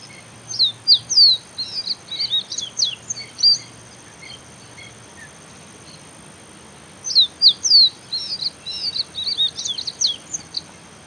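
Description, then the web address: Copper seedeater song in two quick phrases of thin, high downslurred notes and twittering chirps, separated by a pause of a few seconds. "Copper seedeater. صدای-پرنده-دانه-خوار-مسی"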